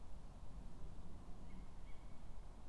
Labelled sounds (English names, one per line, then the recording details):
Tawny Owl
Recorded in Germany
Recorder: ecoPi